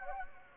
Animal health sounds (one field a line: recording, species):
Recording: mosquito wingbeat signal from an infrared sensor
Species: Anopheles gambiae